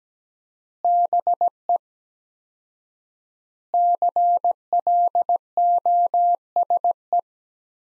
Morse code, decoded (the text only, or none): BE CLOSE